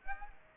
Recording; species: mosquito wingbeat signal from an infrared sensor; Aedes aegypti